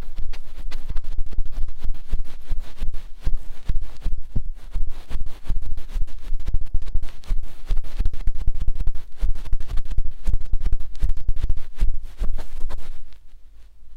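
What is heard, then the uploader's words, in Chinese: Vigorous ear rubbing, dense and fast, with heavy low thumping scrapes repeating nonstop before easing off and thinning out in the final second. 暴力搓耳。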